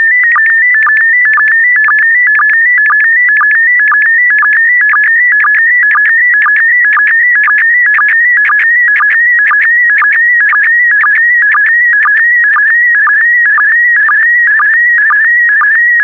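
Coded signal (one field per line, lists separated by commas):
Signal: SSTV (slow-scan television)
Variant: PD120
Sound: warbling stepped tone with a short low sync blip about twice a second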